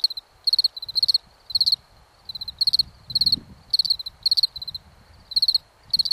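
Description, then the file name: Cicada producing bright buzzy pulse clusters at an uneven pace, some bursts closer together than others, with a faint low rumble beneath. "cikada"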